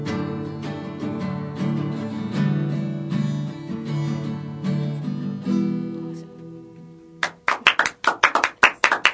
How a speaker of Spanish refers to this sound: Bien, ahí ayudándome con las palmas.